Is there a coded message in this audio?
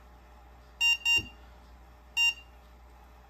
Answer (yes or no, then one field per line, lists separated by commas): no